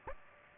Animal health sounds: mosquito wingbeat signal from an infrared sensor; Aedes aegypti

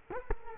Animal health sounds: mosquito wingbeat signal from an infrared sensor; Culex quinquefasciatus

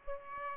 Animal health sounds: mosquito wingbeat signal from an infrared sensor; Aedes aegypti

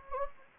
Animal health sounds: mosquito wingbeat signal from an infrared sensor; Anopheles gambiae

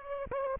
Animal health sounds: mosquito wingbeat signal from an infrared sensor; Aedes aegypti

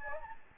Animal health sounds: mosquito wingbeat signal from an infrared sensor; Anopheles gambiae

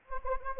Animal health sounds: mosquito wingbeat signal from an infrared sensor; Anopheles gambiae

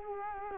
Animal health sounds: mosquito wingbeat signal from an infrared sensor; Culex quinquefasciatus

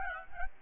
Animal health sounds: mosquito wingbeat signal from an infrared sensor; Aedes albopictus

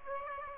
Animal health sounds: mosquito wingbeat signal from an infrared sensor; Aedes aegypti

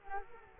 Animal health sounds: mosquito wingbeat signal from an infrared sensor; Culex quinquefasciatus

